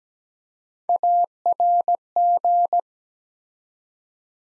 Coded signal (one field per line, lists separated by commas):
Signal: Morse code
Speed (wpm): 17 wpm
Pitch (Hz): 700 Hz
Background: none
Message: ARG